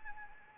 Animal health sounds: mosquito wingbeat signal from an infrared sensor; Anopheles arabiensis

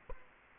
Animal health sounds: mosquito wingbeat signal from an infrared sensor; Culex quinquefasciatus

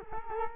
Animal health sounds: mosquito wingbeat signal from an infrared sensor; Culex quinquefasciatus

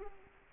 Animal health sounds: mosquito wingbeat signal from an infrared sensor; Culex quinquefasciatus

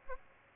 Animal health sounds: mosquito wingbeat signal from an infrared sensor; Aedes albopictus

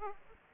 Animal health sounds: mosquito wingbeat signal from an infrared sensor; Aedes aegypti

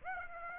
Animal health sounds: mosquito wingbeat signal from an infrared sensor; Aedes aegypti

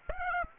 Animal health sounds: mosquito wingbeat signal from an infrared sensor; Aedes aegypti

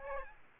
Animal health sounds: mosquito wingbeat signal from an infrared sensor; Aedes aegypti

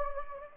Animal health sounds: mosquito wingbeat signal from an infrared sensor; Anopheles gambiae

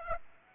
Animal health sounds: mosquito wingbeat signal from an infrared sensor; Aedes aegypti

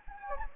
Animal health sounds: mosquito wingbeat signal from an infrared sensor; Anopheles gambiae

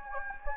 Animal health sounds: mosquito wingbeat signal from an infrared sensor; Anopheles gambiae

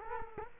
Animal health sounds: mosquito wingbeat signal from an infrared sensor; Culex quinquefasciatus

